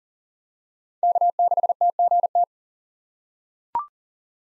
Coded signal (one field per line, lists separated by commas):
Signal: Morse code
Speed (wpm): 40 wpm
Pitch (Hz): 700 Hz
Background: none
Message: K6TGT